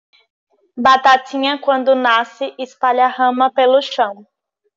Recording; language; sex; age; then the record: short text; Brazilian Portuguese; female; 18 to 19 years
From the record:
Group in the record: control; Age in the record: 19 years